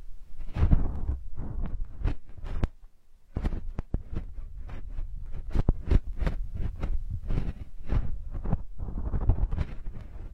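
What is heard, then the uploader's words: Close fingers brush and tap right against the microphone in a dense run of soft rubbing strokes and sharp little ticks, several per second. The sounds are muffled and low with crisp bright edges, and there is a brief near-silent pause around three seconds. Ultra-fine ear touch, immersive experience.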